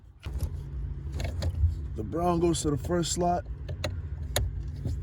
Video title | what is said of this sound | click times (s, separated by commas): Hyundai Tucson 2016-2020 Remote Starter - How To install - Mykey Premium | You hear the click. | 4.4 s